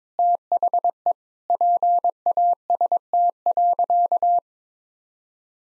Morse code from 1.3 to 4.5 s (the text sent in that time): PAST.